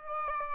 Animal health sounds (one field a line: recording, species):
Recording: mosquito wingbeat signal from an infrared sensor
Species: Aedes albopictus